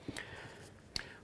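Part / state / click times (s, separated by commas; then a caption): side handle onto die grinder's 43 mm collar / seated / 1.0 s. A side handle is fitted onto the 43 mm collar at the front of a Metabo GA 18 LTX cordless die grinder after the rubber cover has been pulled off. A faint tap is heard near 0.2 s, then a sharp click at 1.0 s as the handle locks in place.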